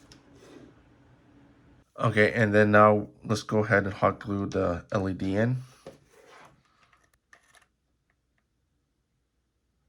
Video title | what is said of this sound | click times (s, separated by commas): GPSTAR 2 Hasbro Wand Extreme Kit Install Guide | This one just pops in and snaps right into the body. | 0.1 s